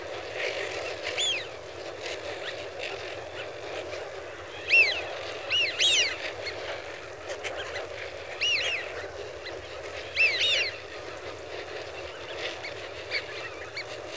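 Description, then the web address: Eurasian wigeon whistles, repeated clear arched calls in bursts over low steady background noise. A flock of wigeon. "The BBC Sound Effects Library. Wigeon (Anas Penelope) Flock"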